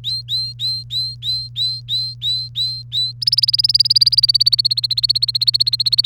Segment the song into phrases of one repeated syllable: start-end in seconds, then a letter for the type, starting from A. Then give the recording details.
0.04-3.12 A, 3.21-6.05 B. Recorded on 1 May 2018 at 07:23. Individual llb3